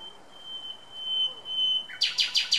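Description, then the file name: Common nightingale song: a long sustained pure whistle on one pitch, then a burst of loud rapid rattling notes at the end. "Luscinia megarhynchos"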